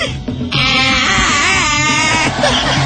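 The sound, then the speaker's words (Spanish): A person imitates Tarzan's jungle yell, letting out a loud, sustained cry with rapid warbling pitch breaks that lasts about two seconds after a brief murmur of voices. “¿Cuál era el clásico grito de Tarzán?”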